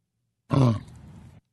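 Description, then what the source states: Orangutan utterance: a brief deep grunting voice with strong low harmonics, sharp at first then fading into a rough breathy tail, under one second. Rocky, an eight-year-old male orangutan, saying "bye"; the host calls it mimicry of a human word rather than real conversation.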